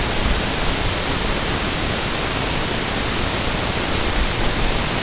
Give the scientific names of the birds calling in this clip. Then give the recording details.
none. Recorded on Arctic tundra, site NAIT-1, on 22 June 2018. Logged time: 15:00